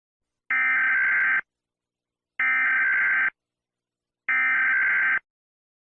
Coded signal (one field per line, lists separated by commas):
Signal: Emergency Alert System (SAME) tones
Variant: header bursts